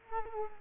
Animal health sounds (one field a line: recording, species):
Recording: mosquito wingbeat signal from an infrared sensor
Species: Culex quinquefasciatus